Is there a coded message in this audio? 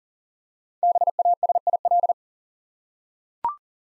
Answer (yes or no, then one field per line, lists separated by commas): yes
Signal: Morse code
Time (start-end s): 0.8-2.1 s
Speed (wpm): 42 wpm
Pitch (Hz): 700 Hz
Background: none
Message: BASIL